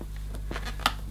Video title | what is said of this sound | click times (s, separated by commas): Sebo Felix Vogue Upright Vacuum Cleaner Unboxing & First Look | we go, until it's clicked in position, till that lever is flush with the rest of the unit. | 0.9 s